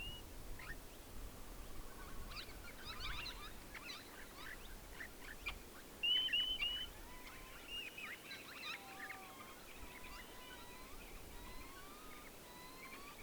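A night chorus at Menindee Lakes: a busy scatter of short chirps and squeaks, with wavering whistled calls sliding up and down throughout. Around six seconds a louder, bright trilling call stands out briefly. A steady low rumble runs underneath.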